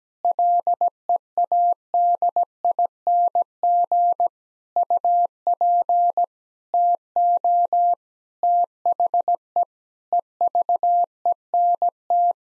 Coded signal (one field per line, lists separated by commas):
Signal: Morse code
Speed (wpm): 17 wpm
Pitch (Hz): 700 Hz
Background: none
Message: LEADING UP TO THE EVENT